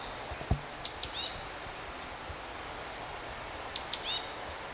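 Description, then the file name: Marsh tit calls: a short group of sharp, high notes, repeated the same way a few seconds later, over a steady background hiss. "Poecile palustris"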